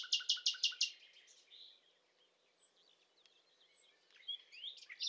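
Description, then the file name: Common nightingale song begins with five loud, quick, repeated notes, followed by faint, varied chirps and high slurs over a steady background hiss. "Luscinia megarhynchos"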